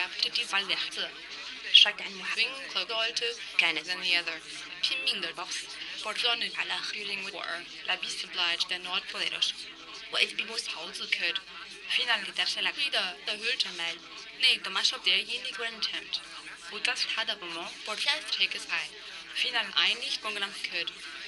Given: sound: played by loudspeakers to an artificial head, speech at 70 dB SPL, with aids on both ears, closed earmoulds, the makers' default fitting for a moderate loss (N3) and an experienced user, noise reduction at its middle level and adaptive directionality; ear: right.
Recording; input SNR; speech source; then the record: speech test signal (ISTS) in cocktail-party noise; +3 dB; on the right (90 degrees)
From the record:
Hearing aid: class 2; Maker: B